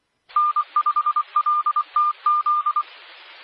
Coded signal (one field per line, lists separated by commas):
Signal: Morse code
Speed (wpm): 24 wpm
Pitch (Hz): 1200 Hz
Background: none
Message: N5LTZ